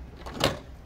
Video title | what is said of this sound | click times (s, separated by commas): Autotrail f70 walk around | slide it back in until it clicks. | 0.4 s